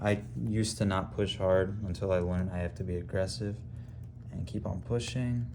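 A desktop DDR4 memory stick is being pushed hard into its motherboard DIMM slot while a man talks. Nothing has seated or clicked yet; the retention latch has not snapped.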